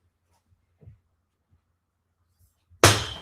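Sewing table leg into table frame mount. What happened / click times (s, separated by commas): The leg snapped home into its mount / 2.9 s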